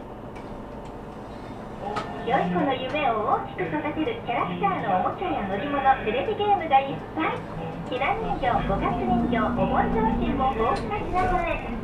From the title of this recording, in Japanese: 西肥バス 弓張岳展望台→佐世保駅